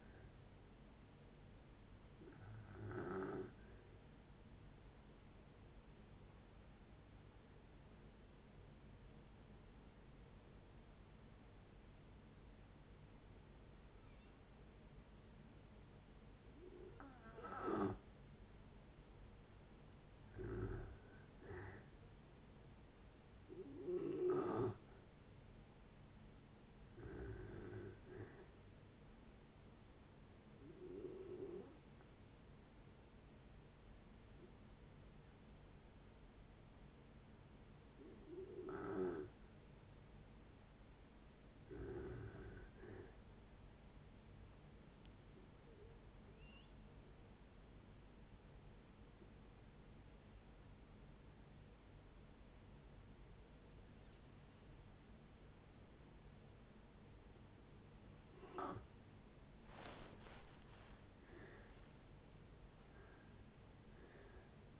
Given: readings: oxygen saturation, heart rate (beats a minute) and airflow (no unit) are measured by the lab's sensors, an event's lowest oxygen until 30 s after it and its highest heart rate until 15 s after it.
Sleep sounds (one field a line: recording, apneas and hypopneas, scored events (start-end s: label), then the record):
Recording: breathing in sleep by a voice recorder at the bedside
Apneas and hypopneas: 3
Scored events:
3.00-20.80 s: hypopnea (N2, oxygen 95% highest, then 88% lowest)
30.00-41.60 s: hypopnea (N2, oxygen 95% highest, then 87% lowest)
47.00-59.70 s: hypopnea (N2, oxygen 95% highest, then 85% lowest)
From the record:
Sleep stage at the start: N2 (light sleep)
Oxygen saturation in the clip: 88 to 95%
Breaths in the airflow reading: 17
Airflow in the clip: -7.5 to 12.7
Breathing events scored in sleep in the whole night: 496 in 5.4 hours asleep